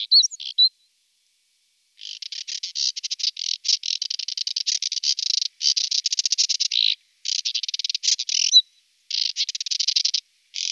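Moussier's redstart song: a few sharp high notes, a brief pause, then long runs of rapid, scratchy, buzzing pulses broken by short gaps.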